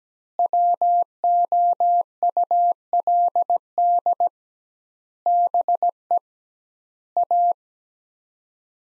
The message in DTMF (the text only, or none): none